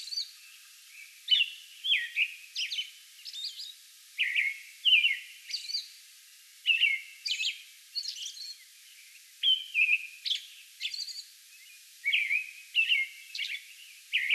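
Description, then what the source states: American robin song: repeated groups of two or three melodious whistled phrases with brief pauses and high-pitched squeaks between groups. Recorded May 11; a bout of song.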